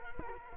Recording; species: mosquito wingbeat signal from an infrared sensor; Culex quinquefasciatus